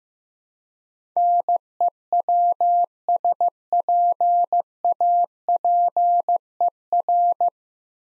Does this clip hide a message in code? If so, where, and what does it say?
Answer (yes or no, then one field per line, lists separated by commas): yes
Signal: Morse code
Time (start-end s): 1.2-7.5 s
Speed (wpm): 15 wpm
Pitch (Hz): 700 Hz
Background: none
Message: NEWSPAPER